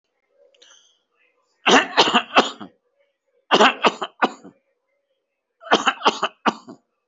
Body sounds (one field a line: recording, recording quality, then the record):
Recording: shallow voluntary cough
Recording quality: excellent, no background noise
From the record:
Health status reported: healthy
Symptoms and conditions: hypertension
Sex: male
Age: 50 years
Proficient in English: yes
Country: India